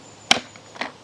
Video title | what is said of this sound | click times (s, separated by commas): LawnMaster LT2100B Electric Pressure Washer Assembly | like so so that's slotted into the hole and then just push down and it will essentially just lock into place | 0.3 s